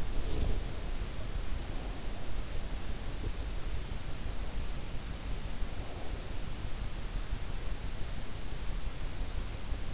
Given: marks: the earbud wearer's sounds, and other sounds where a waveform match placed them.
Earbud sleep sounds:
sounds in sleep by an in-ear microphone; breath
0.00-0.97 s: breath

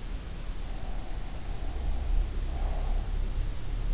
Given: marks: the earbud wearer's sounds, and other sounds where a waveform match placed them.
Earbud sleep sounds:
sounds in sleep by an in-ear microphone; breath
0.82-3.07 s: breath

